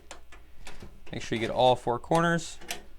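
A stamped metal I/O shield is handled and pressed into the rear opening of a PC case, with light handling ticks near 0.1, 0.3 and 0.7 s while someone talks. Nothing has seated or clicked yet; the shield is not yet home.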